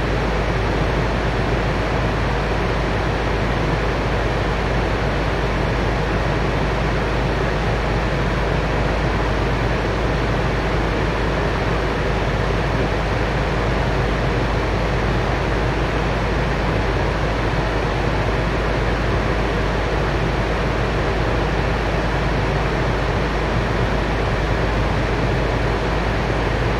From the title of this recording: Plane Sounds Ambience